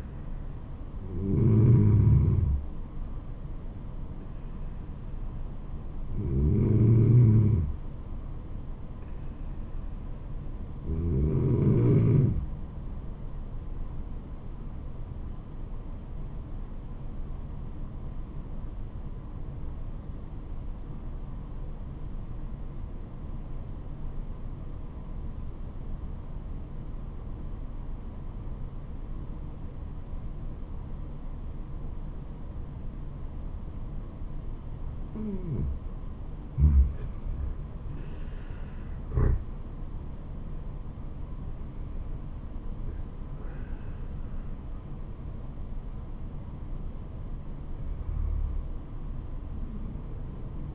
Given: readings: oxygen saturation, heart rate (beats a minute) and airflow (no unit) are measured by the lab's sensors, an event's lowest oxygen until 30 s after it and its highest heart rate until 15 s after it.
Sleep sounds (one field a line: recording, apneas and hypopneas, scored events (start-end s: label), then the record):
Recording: breathing in sleep by a smartphone at the bedside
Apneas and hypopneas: 1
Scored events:
17.00-38.10 s: obstructive apnea (N2, oxygen 96% highest, then 90% lowest, heart rate 76 at the start, 79 highest)
29.00-50.75 s: new sleep stage, N1 (lightest sleep)
From the record:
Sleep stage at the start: N2 (light sleep)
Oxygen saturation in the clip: 90 to 96%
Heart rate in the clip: 67 to 79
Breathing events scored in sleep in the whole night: 426 in 7.4 hours asleep